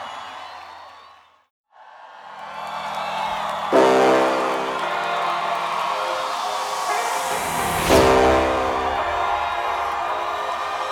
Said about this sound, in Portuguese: Uma salva de palmas, senhoras e senhores.